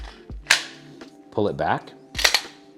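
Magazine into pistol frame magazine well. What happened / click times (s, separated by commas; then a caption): A magazine clicks home in a handgun grip / 0.5 s. A magazine is inserted into the magazine well of a Glock 41 pistol frame and seats with a sharp, loud click at 0.5 s. Someone talks briefly around 1.4–1.8 s, and another cluster of sharp clacks follows near 2.2–2.3 s.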